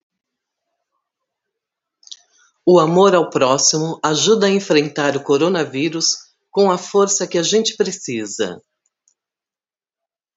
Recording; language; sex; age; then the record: spoken sentence; Brazilian Portuguese; female; 50 to 59 years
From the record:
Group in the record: control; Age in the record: 54 years